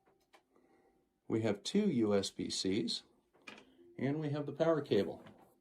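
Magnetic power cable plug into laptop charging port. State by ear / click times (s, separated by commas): not seated / none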